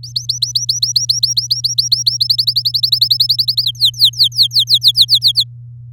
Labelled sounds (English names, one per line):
Domestic Canary song